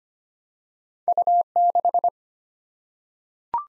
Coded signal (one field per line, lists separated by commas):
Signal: Morse code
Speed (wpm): 25 wpm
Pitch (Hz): 700 Hz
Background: none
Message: U6